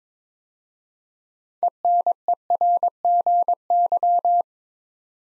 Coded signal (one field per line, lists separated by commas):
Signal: Morse code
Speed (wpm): 22 wpm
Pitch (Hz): 700 Hz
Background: none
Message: ENERGY